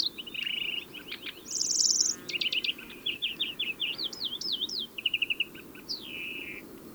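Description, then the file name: European greenfinch singing a varied run of fast trills, zigzag twitters and a wheezy falling note. "Chloris chloris"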